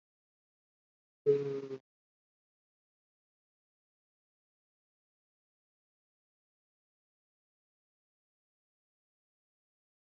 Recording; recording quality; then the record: sustained vowel as in boot; moderate, slight background noise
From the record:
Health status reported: COVID-19 positive, moderate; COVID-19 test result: positive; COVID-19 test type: RT-PCR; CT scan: not taken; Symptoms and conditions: cough, sore throat, fever, fatigue, muscle pain, loss of smell and taste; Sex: male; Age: 25 years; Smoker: no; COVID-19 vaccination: both doses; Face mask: worn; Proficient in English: no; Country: India